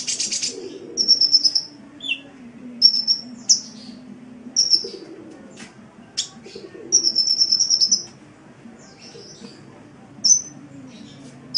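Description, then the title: Oriental magpie-robin song: high trilled whistle phrases and a few lower slurred notes with pauses between, over a faint low background hum. "Kicau Kacer"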